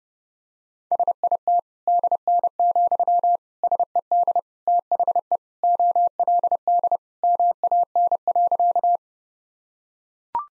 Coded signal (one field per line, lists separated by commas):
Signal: Morse code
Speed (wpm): 31 wpm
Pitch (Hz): 700 Hz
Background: none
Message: SIT DN, SED THE OLD MAN.